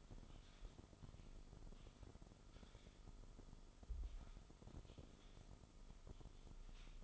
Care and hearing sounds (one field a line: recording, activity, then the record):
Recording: daily activity, microphone in the room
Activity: typing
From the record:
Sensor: 5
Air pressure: 988.8 hPa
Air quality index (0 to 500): 235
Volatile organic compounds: 193 ppm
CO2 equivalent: 4189 ppm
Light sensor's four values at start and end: 39/124/48/51 and 39/124/48/51